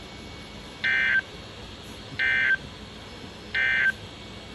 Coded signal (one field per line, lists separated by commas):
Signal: Emergency Alert System (SAME) tones